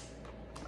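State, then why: Seated. A plastic part is pushed into place on an RC car, and two short clicks come through over steady low background noise at 0.3 s and 0.6 s, the second one sharper and louder. The part seats and clicks in.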